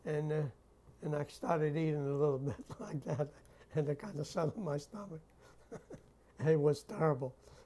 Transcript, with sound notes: And, uh, and I started eating a little bit like that ( he laughs ) and it kind of settled my stomach. And it was terrible.